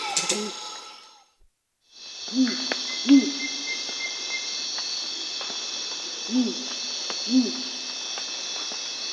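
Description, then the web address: Feline night monkey calls with soft low hoots, four after a short break at the start, two close together then two more, with insects droning continuously. Primate of the South American rainforest. "Natures Songs S America Primates of the Rainforest Feline night monkey"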